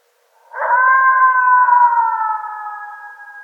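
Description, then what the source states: Coyote howl, a sustained tonal note rising at the start then holding steady and slowly fading over about three seconds. Coyotes recorded on 2013-02-02.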